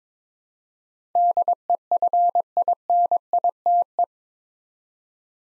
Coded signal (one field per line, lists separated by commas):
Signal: Morse code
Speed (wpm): 22 wpm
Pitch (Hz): 700 Hz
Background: none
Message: DEFINITE